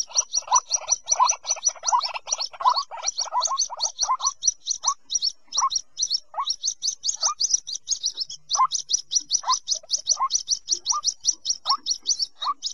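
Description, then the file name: White-breasted waterhen calls: rapid rising notes with high ticks at first, then slowing to spaced single upslurred notes under a continuous stream of high clicks. Young bird. "Tieng quoc con keu"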